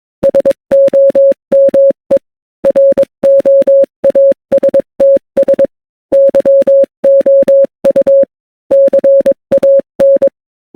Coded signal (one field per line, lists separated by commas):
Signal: Morse code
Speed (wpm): 22 wpm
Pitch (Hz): 550 Hz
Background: none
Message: SOME ROASTS YOU CAN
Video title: Some Good Roasts in Morse Code to use against bad people